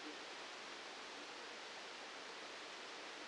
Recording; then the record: brain microelectrode recording played as sound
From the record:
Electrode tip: outside the subthalamic nucleus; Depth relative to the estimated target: -6 mm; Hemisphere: left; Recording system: NeuroSet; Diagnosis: Parkinson's disease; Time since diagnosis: 9 years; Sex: male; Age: 56 years